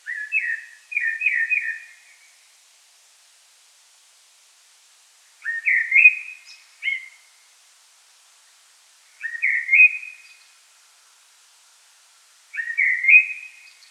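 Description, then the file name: Common blackbird singing fluted, warbled phrases separated by pauses of a few seconds, one phrase followed by a short extra note. "Turdus merula"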